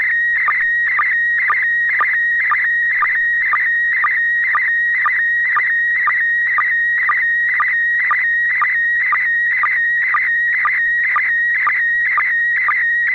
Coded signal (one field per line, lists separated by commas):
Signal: SSTV (slow-scan television)